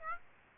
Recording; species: mosquito wingbeat signal from an infrared sensor; Aedes aegypti